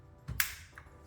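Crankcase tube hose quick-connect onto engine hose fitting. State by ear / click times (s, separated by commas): seated / 0.4 s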